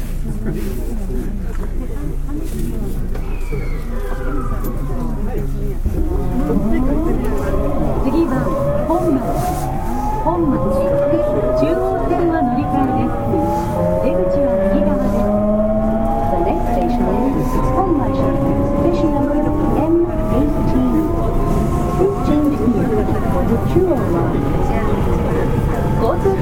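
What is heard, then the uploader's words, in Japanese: A train runs with a steady low rumble and clatter throughout. From about five seconds in, several whining tones from the motor rise slowly in pitch as it picks up speed, continuing to climb through the end of the clip. 北大阪急行 8000系 動物園前から新大阪まで。北大阪急行電鉄の8000系電車の走行音です。大阪市営地下鉄御堂筋線内で収録しました。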